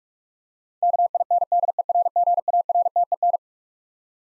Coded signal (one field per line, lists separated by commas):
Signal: Morse code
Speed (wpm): 46 wpm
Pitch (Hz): 700 Hz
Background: none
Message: KINDERGARTEN